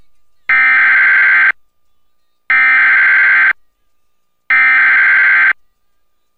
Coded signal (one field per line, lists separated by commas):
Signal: Emergency Alert System (SAME) tones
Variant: header bursts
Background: speech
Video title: EAS Flash Flood Warning Corozal Morovis PR oficial tone. 18 may 2025